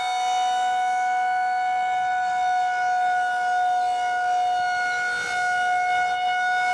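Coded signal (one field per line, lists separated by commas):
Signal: siren signal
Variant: Federal Signal 2001-130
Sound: steady, unwavering outdoor siren wail at fixed pitch with strong harmonics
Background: outdoor ambience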